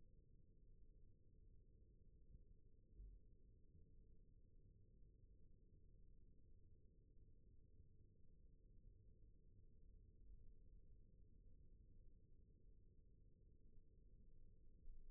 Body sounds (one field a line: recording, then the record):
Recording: forearm muscle sounds (acoustic myography)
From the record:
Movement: rest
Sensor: system 1, eight BSWA MPA416 microphones around the upper forearm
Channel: 1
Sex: female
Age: 21 years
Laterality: right